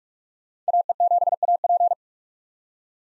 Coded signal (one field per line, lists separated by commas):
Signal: Morse code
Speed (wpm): 42 wpm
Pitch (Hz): 700 Hz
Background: none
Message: AE7AP